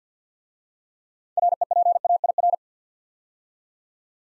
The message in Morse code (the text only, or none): REPAIR